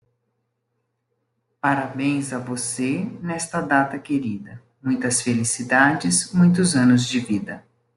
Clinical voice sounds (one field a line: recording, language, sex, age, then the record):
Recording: short text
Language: Brazilian Portuguese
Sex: female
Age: 60 to 69 years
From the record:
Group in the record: control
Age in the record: 64 years